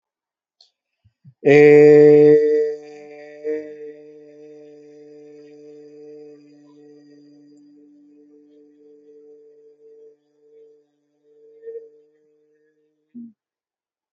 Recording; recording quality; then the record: sustained vowel as in made; excellent, no background noise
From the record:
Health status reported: healthy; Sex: male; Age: 37 years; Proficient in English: yes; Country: India